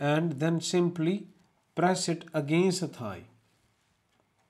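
Someone talks while an adrenaline auto-injector trainer is held to the side of the thigh, ready to be pressed against it until it activates. Speech runs to about 3.4 s, followed by near silence. The injector has not fired, and nothing has clicked yet.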